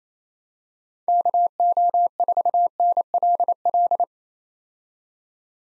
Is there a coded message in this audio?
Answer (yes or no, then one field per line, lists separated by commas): yes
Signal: Morse code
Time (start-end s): 1.1-4.0 s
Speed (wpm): 28 wpm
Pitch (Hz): 700 Hz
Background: none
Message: KO4NLL